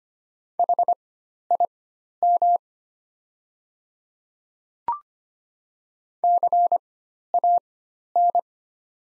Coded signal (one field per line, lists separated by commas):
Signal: Morse code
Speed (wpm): 25 wpm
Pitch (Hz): 700 Hz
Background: none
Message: HIM CAN